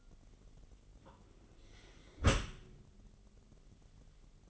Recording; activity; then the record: daily activity, microphone in the room; close dishwasher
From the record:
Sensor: 4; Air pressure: 999.0 hPa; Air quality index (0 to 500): 124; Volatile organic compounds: 2 ppm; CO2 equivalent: 1223 ppm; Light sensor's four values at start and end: 7/16/6/7 and 7/17/7/7